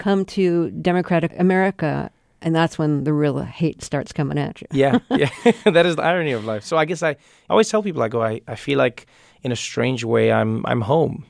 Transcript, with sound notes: You come to democratic America, and that's when the real hate starts coming at you.
Yeah.
(LAUGHTER)
That is the irony of life. So I guess - I always tell people - I go, I feel like, in a strange way, I'm home.